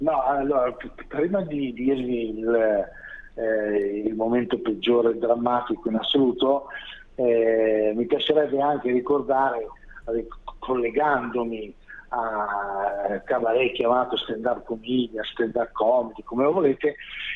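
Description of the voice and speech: A comedian speaking Italian who says he stutters now and then has mild disfluencies: drawn-out sounds at phrase onsets ("l…", "ri…", "mi… a…") and a held break of over a second mid-phrase before "il momento". These prolongations and the block-like pause fit occasional stuttering, which can sound like a dropped line.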